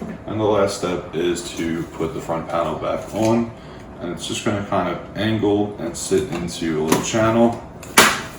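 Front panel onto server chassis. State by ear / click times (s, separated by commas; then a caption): seated / 8.0 s. Someone talks while the plastic front panel of an HPE MicroServer Gen11 is angled into a little channel on the server chassis and pressed on. A sharp click at 7.98 s marks the panel clipping into place; it is seated.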